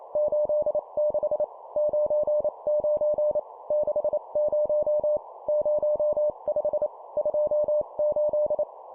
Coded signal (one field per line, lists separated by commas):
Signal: Morse code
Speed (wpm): 28 wpm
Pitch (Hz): 600 Hz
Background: none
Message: 86 99 60 05 28